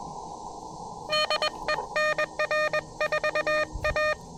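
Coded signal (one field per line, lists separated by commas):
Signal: Morse code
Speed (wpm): 23 wpm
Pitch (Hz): 590 Hz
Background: none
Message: DE NR4A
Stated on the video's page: QRP CW park activation at 5 watts, sent with paddles on an Elecraft KX2 into a Packtenna Mini end-fed half-wave antenna.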